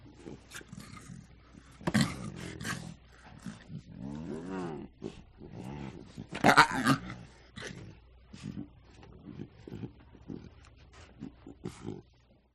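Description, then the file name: Lion cubs growling: rough, rasping growls and snarls in uneven bursts, a throaty harmonic rumble near four seconds and a sharp loud snarl around six seconds. Two small lion cubs. "audio hero Lion Cubs"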